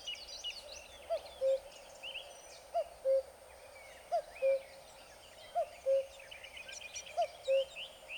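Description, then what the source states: Common cuckoo calling its two-note cu-coo, a higher note falling to a lower one, repeated roughly every one and a half seconds, over a busy chorus of chirping and whistling songbirds. Recorded 17 April 2007.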